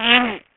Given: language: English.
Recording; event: throat vibration sensor signal played as sound; throat clearing